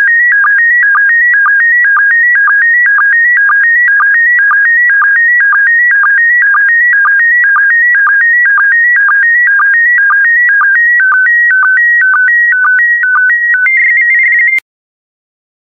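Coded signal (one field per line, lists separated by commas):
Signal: SSTV (slow-scan television)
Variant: PD120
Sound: warbling tone hopping between two pitches, with short low ticks about twice a second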